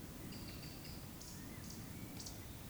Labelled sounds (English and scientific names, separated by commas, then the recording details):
Eurasian Woodcock (Scolopax rusticola) whistle
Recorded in Baden-Württemberg, Germany, on 12 June 2020 at 19:42 UTC
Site 43738, 650 m above sea level